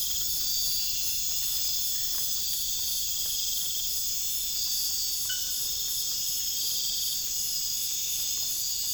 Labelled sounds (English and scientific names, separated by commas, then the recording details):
none
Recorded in pastures near Puerto Asís, Putumayo, Colombia, on 25 June 2025 at 00:30
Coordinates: 0.466, -76.322
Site GP07